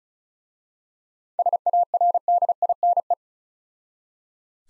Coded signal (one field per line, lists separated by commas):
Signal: Morse code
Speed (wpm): 36 wpm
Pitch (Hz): 700 Hz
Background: none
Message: SARDINE